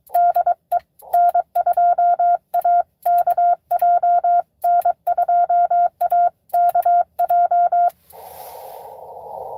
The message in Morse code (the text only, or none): DE N2AKJ N2AKJ